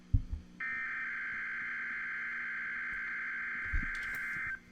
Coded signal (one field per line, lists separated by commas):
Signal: Emergency Alert System (SAME) tones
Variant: header bursts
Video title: Required Weekly Test of KHB36 - September 23, 2020 - EAS 19 (CL-100 and SDR Recording!)